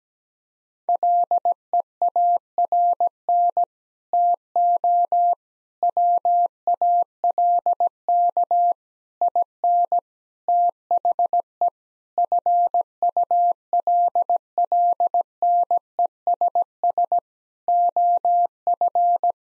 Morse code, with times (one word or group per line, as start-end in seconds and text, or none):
0.9-3.6 LEARN
4.1-5.3 TO
5.8-8.7 WALK
9.2-10.0 IN
10.5-11.7 THE
12.2-17.2 FULLNESS
17.7-19.3 OF